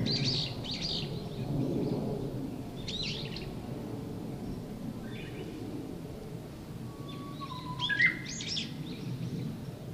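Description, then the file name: Bush warbler gives a plain whistle that breaks into a brisk, higher, emphatic ending near the end. Scattered chirps from other birds and a low background rumble. Recorded in April 2007. "bushwarbler-200704"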